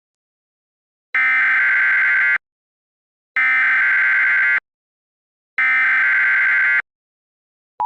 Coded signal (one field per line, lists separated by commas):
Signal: Emergency Alert System (SAME) tones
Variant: header bursts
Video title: EAS Recreation: Tornado emergency for city of newnan.